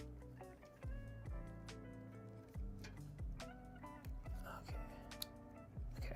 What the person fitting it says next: There's the click.